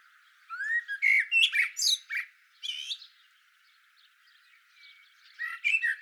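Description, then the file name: Common blackbird singing: a rising mellow whistle leads into rich warbled notes and a high scratchy flourish. A short squeak follows, then a quiet gap before the next phrase begins. "Turdus merula"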